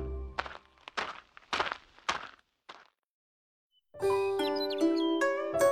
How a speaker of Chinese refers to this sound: 他一时间不知道自己是该回去扒皮洗涮换衣服，还是收拾程潜时，突然外面传来了一阵脚步声。